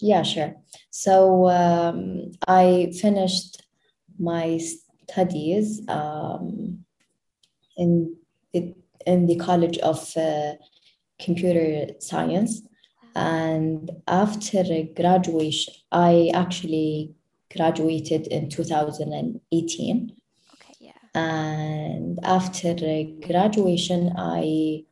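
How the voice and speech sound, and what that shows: Adult woman speaking in conversation with stuttering: prolonged sounds and long pauses within phrases, with repeated restarts. She graduated from college at 27.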